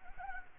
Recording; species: mosquito wingbeat signal from an infrared sensor; Anopheles gambiae